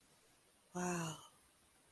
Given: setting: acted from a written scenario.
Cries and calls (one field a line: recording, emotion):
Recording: vocal sound without words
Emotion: sympathy